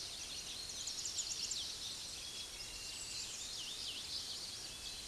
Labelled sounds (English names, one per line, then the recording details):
Chestnut-sided Warbler song
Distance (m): 55 m
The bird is about 5 m above the microphone
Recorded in a Pennsylvania forest on 16 May 2024 at 06:29
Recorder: AudioMoth, point MSD-2257
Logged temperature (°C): 16.0 °C
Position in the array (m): 167 m, 220 m